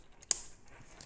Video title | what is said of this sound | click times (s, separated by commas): NZXT H440 Red & Black with ASUS Maximus VII Hero & 4770K Build | and snap it into place, and now everything is held together, and this is ready to be put into place. | 0.3 s